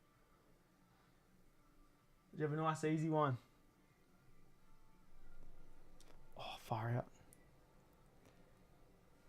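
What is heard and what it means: A plastic part is being handled and fitted into a Blokees Megatron model kit figure (237-piece Action Edition) while someone talks, with faint handling sounds and a couple of brief ticks in the background. The part has not seated or clicked into place yet.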